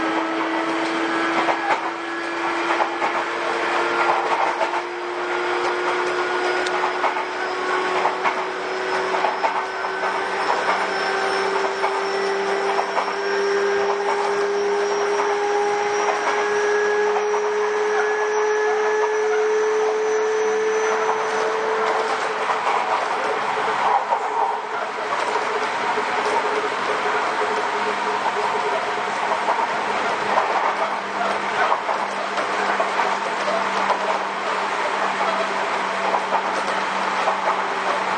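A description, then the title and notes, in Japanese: A Sotetsu 7000-series train runs with a steady rumble and a rising motor whine that climbs until about 22 seconds, then fades into even running noise. 相鉄新7000系 海老名〜横浜。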